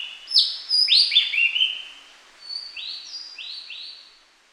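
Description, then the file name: Javan green magpie giving rapid series of sharp, high, descending whistled notes, a loud burst followed by a softer second run. "suara burung cissa thalassina ekek keling"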